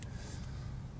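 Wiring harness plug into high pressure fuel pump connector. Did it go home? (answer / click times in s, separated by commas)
yes / 0.0 s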